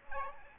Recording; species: mosquito wingbeat signal from an infrared sensor; Aedes aegypti